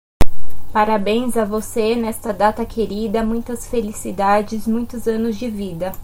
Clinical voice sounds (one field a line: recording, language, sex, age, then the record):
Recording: short text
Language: Brazilian Portuguese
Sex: female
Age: 20 to 29 years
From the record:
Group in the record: control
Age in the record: 29 years